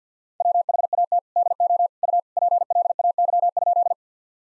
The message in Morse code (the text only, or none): WHAT DO U PLAY?